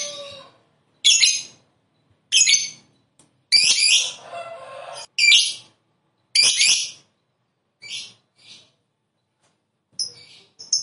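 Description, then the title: Lovebird harsh squawking, loud scratchy high calls repeated irregularly roughly every second, some shorter and softer, separated by silent gaps. "Suara Lovebird"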